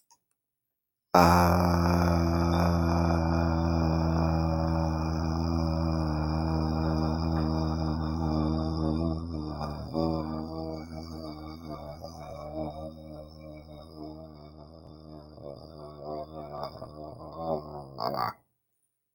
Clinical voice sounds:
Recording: vowel held as long as possible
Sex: male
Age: 30 to 39 years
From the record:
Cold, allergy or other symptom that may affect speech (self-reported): no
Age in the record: 38 years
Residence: Nevada, United States

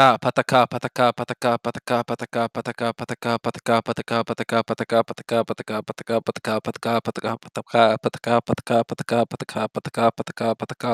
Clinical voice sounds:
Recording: repeated syllables /pa ta ka/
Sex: male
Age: 20 to 29 years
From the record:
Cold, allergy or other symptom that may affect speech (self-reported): no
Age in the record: 23 years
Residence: Nevada, United States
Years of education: 15

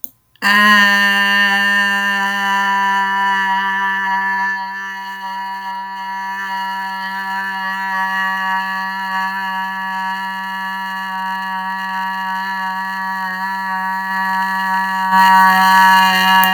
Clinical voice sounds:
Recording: vowel held as long as possible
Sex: female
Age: 40 to 49 years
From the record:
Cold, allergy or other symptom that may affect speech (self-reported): no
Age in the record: 47 years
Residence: Florida, United States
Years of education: 16

